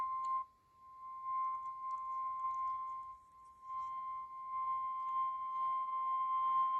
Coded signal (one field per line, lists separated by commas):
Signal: Emergency Alert System (SAME) tones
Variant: 1050 Hz attention tone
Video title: Severe Thunderstorm Warning EAS#353